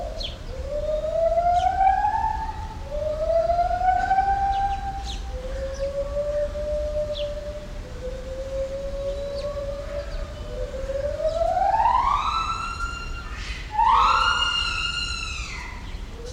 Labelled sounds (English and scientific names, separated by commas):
Pileated Gibbon (Hylobates pileatus)